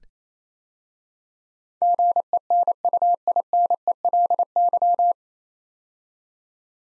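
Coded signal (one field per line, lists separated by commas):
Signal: Morse code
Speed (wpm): 28 wpm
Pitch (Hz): 700 Hz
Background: none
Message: GENUINELY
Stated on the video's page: Morse practice drill of 9-letter words at 28 wpm for head-copy, each word sent twice.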